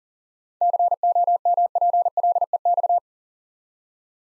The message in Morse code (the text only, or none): COMPLEX